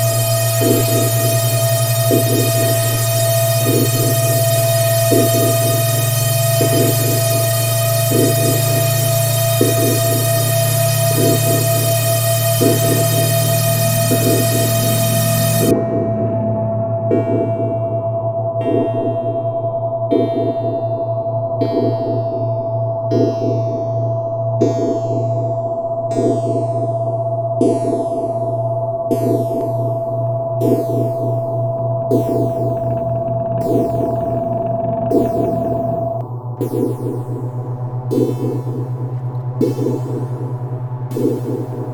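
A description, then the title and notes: Synthesized noise runs steadily throughout: a loud low droning hum with a regular pulsing throb, about two beats per second. For the first fifteen seconds a bright hiss sits over it, then gives way to a series of sharp rising sweeps and clanking hits that grow denser until the end. Audio: Synthesized Noise and Banging with Python3 -> Numpy.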